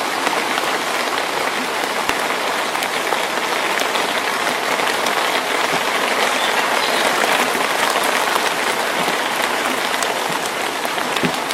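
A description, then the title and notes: Rain falls steadily in the forest, a dense, even patter with occasional sharper drops, unchanging throughout the twelve seconds. Rainy days in the forest in early summer.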